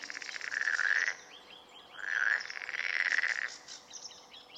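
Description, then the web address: Marsh frog croaking: loud rattling pulsed calls, with softer chattering continuing between them. Recorded in Turku, Finland, on 31 May 2009 at 23:11 at night. "hlehto aania sammakko molysammakko turku"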